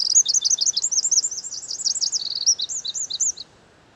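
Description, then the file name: Eurasian wren singing a rapid, very high stream of sharp, bouncing notes, then stopping suddenly; background otherwise quiet. "Troglodytes troglodytes"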